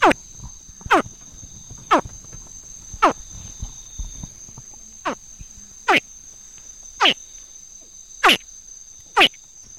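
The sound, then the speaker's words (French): A juvenile crocodile gives sharp, high, downward-sweeping contact-call chirps, about ten of them at a steady pace of roughly one per second, over a constant thin high-pitched insect drone. The young crocodile calls when somewhat isolated, seeking contact with the others or its mother. “Alors, on va écouter un cri de contact d'abord.”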